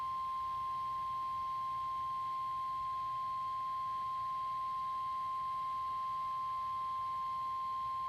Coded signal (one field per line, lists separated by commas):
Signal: Emergency Alert System (SAME) tones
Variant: 1050 Hz attention tone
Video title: [EAS #77] Special Marine Warning (WXM60)